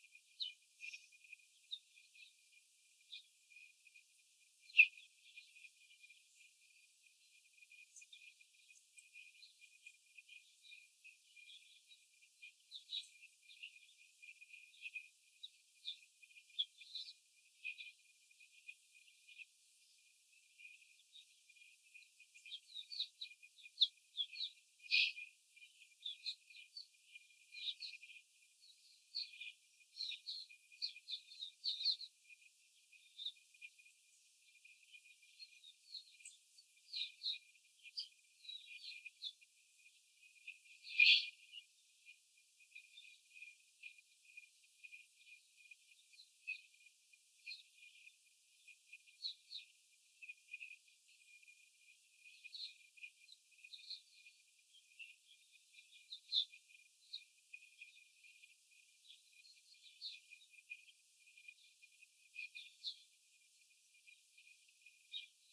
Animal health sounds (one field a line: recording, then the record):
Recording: young laying hens in a cage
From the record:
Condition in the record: before the stressor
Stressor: simulated dog barking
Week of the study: 4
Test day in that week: 3